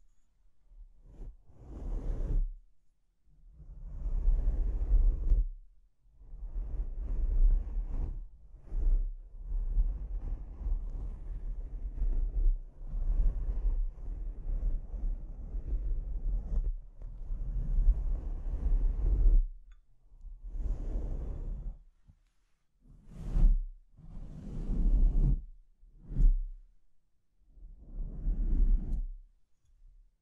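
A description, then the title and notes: Microphone scratching comes in rough, rumbling bursts of rubbing and scraping over a constant low hum. A long, dense stretch runs from about six to seventeen seconds. Shorter, choppier scrapes with brief quiet gaps follow, including a few sharp, bright scratches near twenty-four seconds. ASMR Brain Melting Mic Scratching (No Talking).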